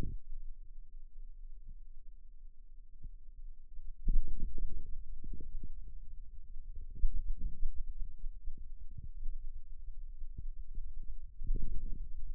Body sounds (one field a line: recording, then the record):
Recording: forearm muscle sounds (acoustic myography)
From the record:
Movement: radial deviation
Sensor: system 2, bracelet of six BSWA MPA416 microphones around the upper forearm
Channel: 5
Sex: male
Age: 22 years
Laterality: right